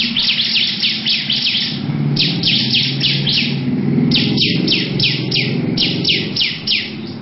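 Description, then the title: Lovebird song of fast, scratchy high notes in runs with short breaks, over a low, constant rumble. Long "ngekek panjang" song. "Audio Lovebird Ngekek Panjang Ciblek"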